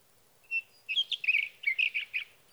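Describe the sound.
Sage thrasher song opening with a single thin whistle, then a rapid run of jumbled warbled notes.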